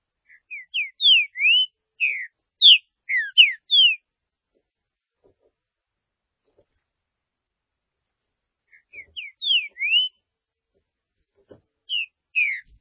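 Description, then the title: Green-winged saltator song: a phrase of clear, slurred whistled notes, some falling and some rising, given twice with a pause of about five seconds between. "Trinca Ferro"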